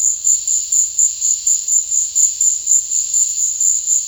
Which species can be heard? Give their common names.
none